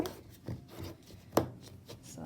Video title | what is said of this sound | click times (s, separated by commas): How To Make Fake Whip Cream/Whip Cream Toppers Part One/Grandma Sandy | so you want to always close it until you hear it snap okay so | 1.4 s